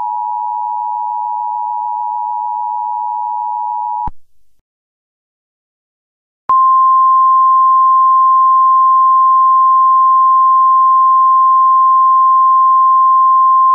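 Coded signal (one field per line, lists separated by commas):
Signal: Emergency Alert System (SAME) tones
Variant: 853 and 960 Hz attention tone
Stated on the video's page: Mock (simulated) EAS alert, severe thunderstorm warning for Ohio counties, made on request.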